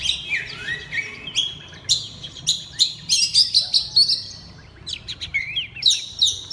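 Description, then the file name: Oriental magpie-robin song with clear whistles dropping in pitch, mixed with harsh buzzy notes and quick chips, delivered in bursts separated by brief gaps. Loud, open-voiced singing style called ngeplong keras. "suara kacer ngeplong keras"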